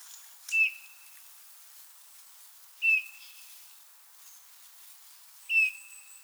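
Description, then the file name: Eurasian bullfinch calling with three clear, mellow piping whistles, each dipping slightly then held briefly, spaced roughly two and a half seconds apart, with faint high background chirps. "Pyrrhula pyrrhula"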